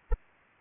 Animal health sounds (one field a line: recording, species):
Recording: mosquito wingbeat signal from an infrared sensor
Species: Anopheles arabiensis